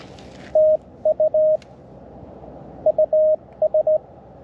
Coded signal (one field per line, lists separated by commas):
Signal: Morse code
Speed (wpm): 18 wpm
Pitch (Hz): 560 Hz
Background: none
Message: TU US